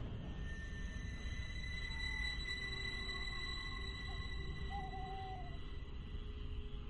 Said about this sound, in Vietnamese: Cách đó không xa, trong một lùm cây tối om như hũ nút, xung quanh bốn bề là tiếng cú kêu vang vọng.